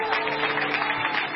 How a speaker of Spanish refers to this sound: Dele aplauso al Señor, dele palma a Cristo.